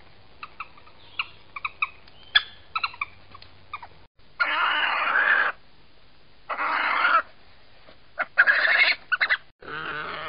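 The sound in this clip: Badger calls: short clicking chitters, then several harsh, noisy screeching bursts.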